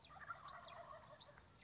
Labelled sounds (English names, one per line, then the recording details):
Wild Turkey
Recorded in Sonoma County, California